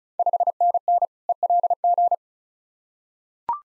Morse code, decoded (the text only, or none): 5NN ELG